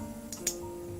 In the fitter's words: we go click right in place